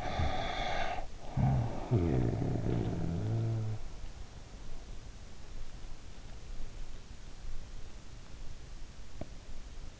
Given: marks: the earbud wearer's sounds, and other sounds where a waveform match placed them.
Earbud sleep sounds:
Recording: sounds in sleep by an in-ear microphone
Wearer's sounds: snoring breath, teeth grinding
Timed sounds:
0.00-3.80 s: snoring breath
9.13-9.29 s: teeth grinding

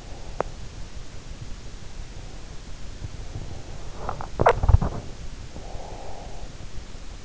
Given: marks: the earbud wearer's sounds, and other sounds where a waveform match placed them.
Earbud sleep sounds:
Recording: sounds in sleep by an in-ear microphone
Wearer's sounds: teeth grinding, breath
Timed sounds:
0.08-0.61 s: teeth grinding
3.87-5.07 s: teeth grinding
5.69-6.44 s: breath

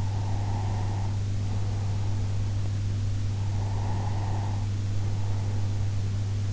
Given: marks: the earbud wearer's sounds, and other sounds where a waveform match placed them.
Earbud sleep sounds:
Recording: sounds in sleep by an in-ear microphone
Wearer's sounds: breath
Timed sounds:
0.00-2.68 s: breath
3.36-6.17 s: breath

